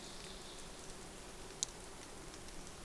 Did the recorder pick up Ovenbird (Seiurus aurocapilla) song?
no